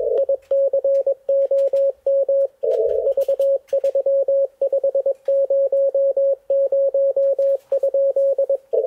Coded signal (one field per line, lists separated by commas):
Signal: Morse code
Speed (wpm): 19 wpm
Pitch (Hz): 550 Hz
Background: radio noise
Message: ICOM V3500?